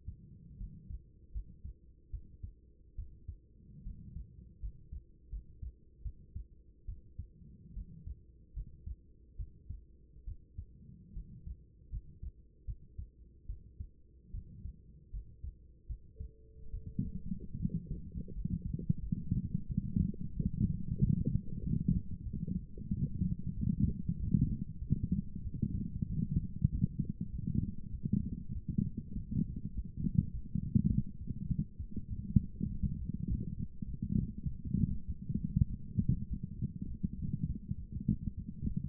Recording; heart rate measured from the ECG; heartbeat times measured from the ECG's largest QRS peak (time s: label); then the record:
heart sounds by stethoscope; 87 bpm
0.58 s: heartbeat
1.32 s: heartbeat
2.11 s: heartbeat
2.96 s: heartbeat
3.83 s: heartbeat
4.60 s: heartbeat
5.30 s: heartbeat
6.02 s: heartbeat
6.86 s: heartbeat
7.74 s: heartbeat
8.54 s: heartbeat
9.36 s: heartbeat
10.25 s: heartbeat
11.13 s: heartbeat
11.90 s: heartbeat
12.65 s: heartbeat
13.46 s: heartbeat
14.31 s: heartbeat
15.11 s: heartbeat
15.87 s: heartbeat
16.71 s: heartbeat
17.57 s: heartbeat
18.33 s: heartbeat
19.00 s: heartbeat
19.67 s: heartbeat
20.34 s: heartbeat
20.98 s: heartbeat
21.60 s: heartbeat
22.23 s: heartbeat
22.89 s: heartbeat
23.54 s: heartbeat
24.17 s: heartbeat
24.79 s: heartbeat
25.43 s: heartbeat
26.07 s: heartbeat
26.70 s: heartbeat
27.30 s: heartbeat
27.91 s: heartbeat
28.53 s: heartbeat
29.14 s: heartbeat
29.74 s: heartbeat
30.32 s: heartbeat
30.89 s: heartbeat
31.48 s: heartbeat
32.08 s: heartbeat
32.68 s: heartbeat
33.27 s: heartbeat
33.86 s: heartbeat
34.45 s: heartbeat
35.06 s: heartbeat
35.68 s: heartbeat
36.28 s: heartbeat
36.88 s: heartbeat
37.47 s: heartbeat
38.07 s: heartbeat
38.67 s: heartbeat
From the record:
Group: healthy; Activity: rest 0-18 s, light exercise 18-39 s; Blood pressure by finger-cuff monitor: 132/61 mmHg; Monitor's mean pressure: 83 mmHg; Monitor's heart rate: 91 bpm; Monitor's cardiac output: 9.1 L/min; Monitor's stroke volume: 105 mL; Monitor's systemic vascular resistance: 660 dyn s/cm5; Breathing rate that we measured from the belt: 18 breaths a minute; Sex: female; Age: 24 years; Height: 163 cm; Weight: 55.7 kg